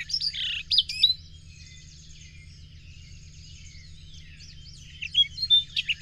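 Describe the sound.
Bird song: a burst of high chirps and slurred notes, then a long quiet gap with faint twittering, then another lively burst of chirps near the end, over a low hum.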